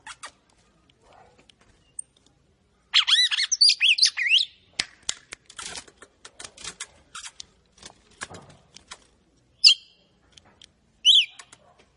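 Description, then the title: Red-cowled cardinal: a burst of high warbled notes, then scattered clicks and two short whistled phrases. Female, described as fiery or eager. "Canto Galo De Campina. Fêmea de galo de campina fogosa"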